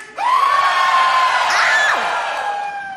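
A large crowd erupts in loud, sustained shouting and cheering, with high whoops and yells rising above a dense wall of voices for about three seconds.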